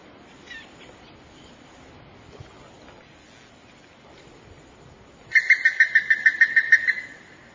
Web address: Plumbeous ibis. صدای-پرنده-اکراس-سربی